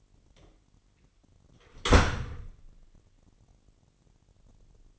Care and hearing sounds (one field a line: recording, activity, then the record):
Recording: daily activity, microphone in the room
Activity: close door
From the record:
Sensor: 4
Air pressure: 999.2 hPa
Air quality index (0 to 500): 118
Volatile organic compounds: 2 ppm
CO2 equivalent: 1164 ppm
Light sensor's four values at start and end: 12/31/12/14 and 12/29/11/12